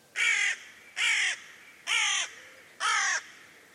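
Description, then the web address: Bird giving four loud, raspy caws, evenly spaced about once a second, each harsh note slightly dropping in pitch. "cianscape. Deverinetal 2025. Bird Only"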